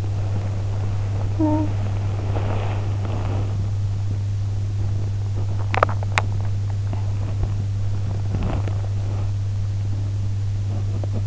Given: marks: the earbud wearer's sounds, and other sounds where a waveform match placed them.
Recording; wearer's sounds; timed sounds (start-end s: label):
sounds in sleep by an in-ear microphone; body movement, talking in sleep, teeth grinding, swallowing
0.00-11.27 s: body movement
1.36-1.81 s: talking in sleep
5.26-6.32 s: teeth grinding
6.86-7.56 s: swallowing